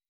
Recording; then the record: hydrophone in a shrimp aquaculture tank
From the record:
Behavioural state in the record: weakened